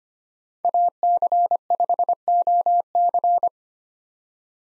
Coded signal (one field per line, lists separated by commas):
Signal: Morse code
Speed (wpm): 25 wpm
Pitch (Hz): 700 Hz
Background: none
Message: AC5OC